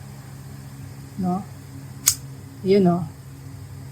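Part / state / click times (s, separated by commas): action camera into magnetic quick-release mount / seated / 2.1 s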